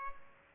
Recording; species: mosquito wingbeat signal from an infrared sensor; Culex pipiens